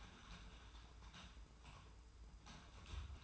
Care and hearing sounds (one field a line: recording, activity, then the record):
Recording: daily activity, microphone in the room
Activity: typing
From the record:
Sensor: 2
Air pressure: 990.8 hPa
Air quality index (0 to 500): 144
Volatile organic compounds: 297 ppm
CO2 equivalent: 4474 ppm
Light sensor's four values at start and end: 27/69/27/28 and 27/69/27/28